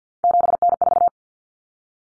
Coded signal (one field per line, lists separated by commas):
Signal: Morse code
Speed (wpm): 50 wpm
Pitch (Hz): 700 Hz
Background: none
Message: 7N4